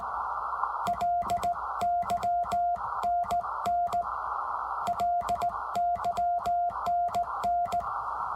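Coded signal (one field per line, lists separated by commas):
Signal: Morse code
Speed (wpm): 16 wpm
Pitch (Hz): 700 Hz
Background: none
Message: LYNN LYNN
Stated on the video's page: Amateur radio Morse contact on Memorial Day using a Ten-Tec 506 Rebel.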